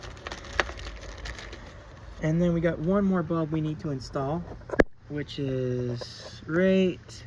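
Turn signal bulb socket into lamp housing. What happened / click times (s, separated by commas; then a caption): The twist-lock socket locked into its housing / 0.6 s. A turn signal bulb socket on a 1993 Cadillac Fleetwood Brougham is lined up in the turn signal lamp housing and turned clockwise until it twist-locks into place. A sharp click at 0.6 s marks the socket seating, among a few faint ticks, and then someone talks. The socket is locked in.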